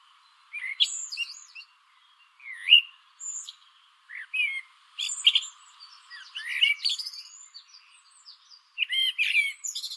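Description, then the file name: Eurasian blackbird calls: short, sharp chirps and squeaky rising notes in scattered bursts, with brief pauses between phrases and a faint steady hiss underneath. "Turdus merula"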